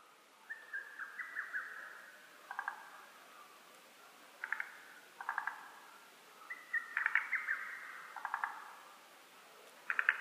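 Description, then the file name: Lesser cuckoo giving several whistled phrases of rapid choppy notes over a quiet hiss. Recorded on 12 June 2010. "hototogisu-20100612"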